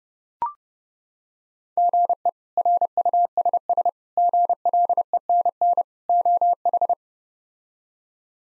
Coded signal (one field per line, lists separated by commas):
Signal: Morse code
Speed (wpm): 30 wpm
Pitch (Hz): 700 Hz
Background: none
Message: GE RUSS GLENN OH